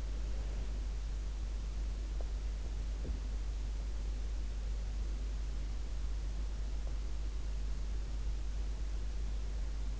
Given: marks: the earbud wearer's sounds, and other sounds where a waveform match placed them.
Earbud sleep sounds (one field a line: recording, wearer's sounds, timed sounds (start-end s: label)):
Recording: sounds in sleep by an in-ear microphone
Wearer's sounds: breath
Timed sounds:
0.00-0.93 s: breath
2.05-3.15 s: sound from someone else or the room